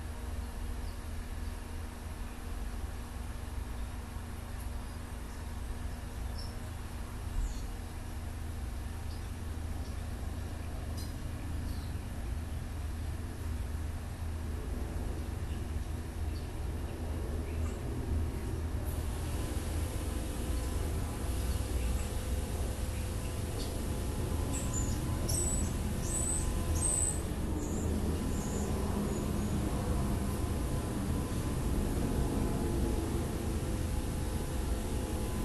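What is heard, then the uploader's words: A steady low engine drone, like a mower or plane, hums throughout, growing louder after twenty seconds, with brief high bird chirps near twenty-six seconds. A bird, a mower & a plane by Juraj Kojš.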